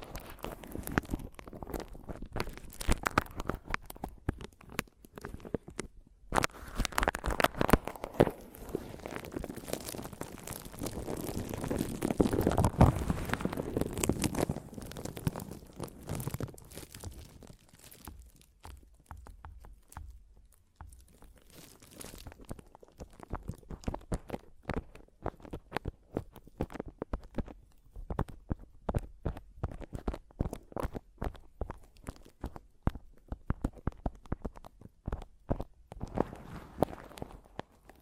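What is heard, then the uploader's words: Scratching and tapping on a microphone, with dense rough rubbing through the first fifteen seconds that swells louder around the twelve-second mark. After a brief quieter stretch, the rest turns into scattered sharp taps and clicks, irregular and spread out, with short scratchy bursts between them. ASMR Mic Tapping and Scratching (No Talking).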